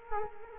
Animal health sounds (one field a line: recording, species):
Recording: mosquito wingbeat signal from an infrared sensor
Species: Culex quinquefasciatus